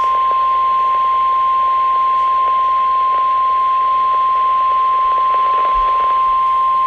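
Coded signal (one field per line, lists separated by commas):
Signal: Emergency Alert System (SAME) tones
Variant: 1050 Hz attention tone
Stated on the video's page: Special marine warning recorded from a NOAA Weather Radio station on 162.450 MHz.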